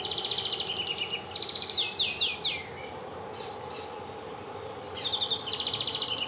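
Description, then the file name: European greenfinch song: bursts of rapid trilled notes alternating with a few quick downslurred notes, with a quieter pause midway, over a low steady background hum. "Chloris chloris"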